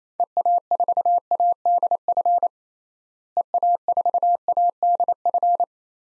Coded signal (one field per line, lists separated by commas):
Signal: Morse code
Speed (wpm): 28 wpm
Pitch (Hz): 700 Hz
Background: none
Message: EA4ADF EA4ADF